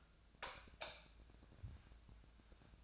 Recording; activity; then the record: daily activity, microphone in the room; light off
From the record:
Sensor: 2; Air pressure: 999.8 hPa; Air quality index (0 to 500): 117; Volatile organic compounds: 2 ppm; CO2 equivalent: 1006 ppm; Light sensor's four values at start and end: 39/103/43/48 and 34/85/36/41